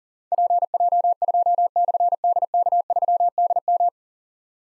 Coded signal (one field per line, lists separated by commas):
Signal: Morse code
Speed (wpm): 42 wpm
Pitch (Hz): 700 Hz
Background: none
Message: PJ2/DK3DM